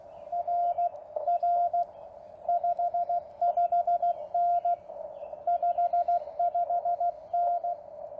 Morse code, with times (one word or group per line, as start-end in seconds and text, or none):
0.3-1.8 RR
2.5-4.7 55N
5.5-7.7 55N